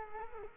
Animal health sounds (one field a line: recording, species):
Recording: mosquito wingbeat signal from an infrared sensor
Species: Culex quinquefasciatus